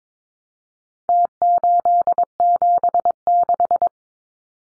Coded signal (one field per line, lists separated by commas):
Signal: Morse code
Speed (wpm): 22 wpm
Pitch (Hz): 700 Hz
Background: none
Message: T876